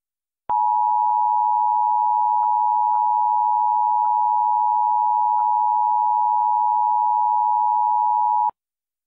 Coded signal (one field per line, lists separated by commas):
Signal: Emergency Alert System (SAME) tones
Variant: 853 and 960 Hz attention tone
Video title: EAS Scenario - Category 6 (Part 2)